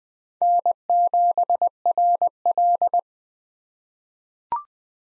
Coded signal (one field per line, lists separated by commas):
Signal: Morse code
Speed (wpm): 20 wpm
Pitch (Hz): 700 Hz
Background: none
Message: N7RL